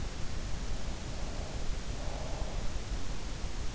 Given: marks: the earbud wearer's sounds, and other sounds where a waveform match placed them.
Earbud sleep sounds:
sounds in sleep by an in-ear microphone; breath
1.35-3.26 s: breath

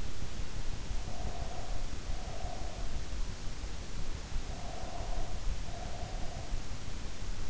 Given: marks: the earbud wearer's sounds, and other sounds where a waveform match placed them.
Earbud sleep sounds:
sounds in sleep by an in-ear microphone; breath
0.92-2.90 s: breath
4.28-6.52 s: breath

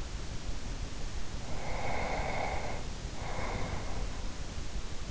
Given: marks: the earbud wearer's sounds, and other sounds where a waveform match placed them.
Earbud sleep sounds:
sounds in sleep by an in-ear microphone; breath
1.54-4.29 s: breath

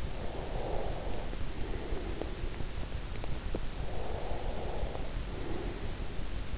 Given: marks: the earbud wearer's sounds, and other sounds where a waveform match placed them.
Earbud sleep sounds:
sounds in sleep by an in-ear microphone; breath
0.04-2.97 s: breath
3.65-6.58 s: breath

